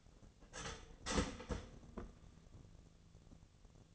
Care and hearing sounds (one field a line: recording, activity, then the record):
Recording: daily activity, microphone in the room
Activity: start toaster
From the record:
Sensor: 4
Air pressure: 1001.0 hPa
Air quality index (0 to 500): 159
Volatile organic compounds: 2 ppm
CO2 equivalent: 1163 ppm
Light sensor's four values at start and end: 18/41/17/18 and 18/41/17/18